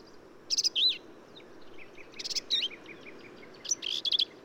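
Black-capped vireo singing quick, scratchy phrases mixing buzzy notes and looping whistled slurs, with soft chips between phrases.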